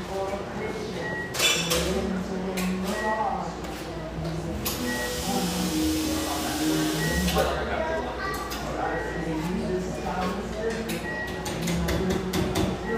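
A cafe full of overlapping conversation, a steady murmur of voices with no single speaker standing out. Low thumps and bursts of sharp clatter punctuate it every second or two, and a long hiss runs from about 4.5 to 7.5 seconds.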